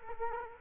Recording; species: mosquito wingbeat signal from an infrared sensor; Culex quinquefasciatus